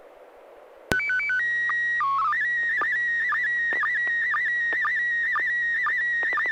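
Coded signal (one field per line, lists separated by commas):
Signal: SSTV (slow-scan television)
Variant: PD 120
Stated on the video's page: SSTV images sent on a weekly net via an FM repeater on 441.300 MHz, using MMSSTV software.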